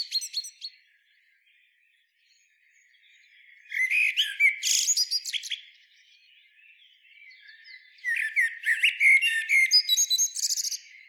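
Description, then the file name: Eurasian blackbird singing phrases of brief mellow warbles breaking into rapid high chirps and squeaks, separated by quiet gaps. "Turdus merula"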